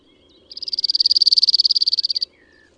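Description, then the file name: Cirl bunting singing one dry, rattling trill of rapid identical notes on a steady high pitch, lasting nearly two seconds, swelling then fading slightly. "Bruant zizi"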